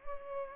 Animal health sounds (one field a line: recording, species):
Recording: mosquito wingbeat signal from an infrared sensor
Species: Culex pipiens